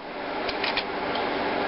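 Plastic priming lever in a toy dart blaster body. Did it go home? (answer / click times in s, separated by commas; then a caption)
no / none. The plastic priming lever on a modified foam-dart toy blaster is pulled back in the blaster body, over a steady hiss with a few short plastic knocks, the sharpest near 0.8 s. The lever has not clicked into place; it fails to latch because a part was not fitted.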